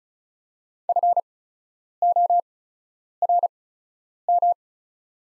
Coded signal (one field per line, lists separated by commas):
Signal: Morse code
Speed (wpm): 34 wpm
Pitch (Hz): 700 Hz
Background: none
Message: FORM